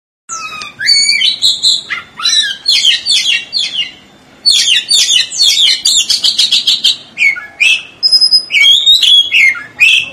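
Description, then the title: Oriental magpie-robin song: a rich, varied run of loud whistles, trills and harsh notes in rapid, continuous phrases, with a short pause midway. "Kacer"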